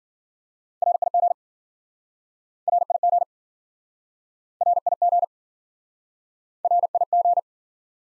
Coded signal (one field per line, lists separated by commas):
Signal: Morse code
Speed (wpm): 52 wpm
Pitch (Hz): 700 Hz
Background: none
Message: RIG RIG RIG RIG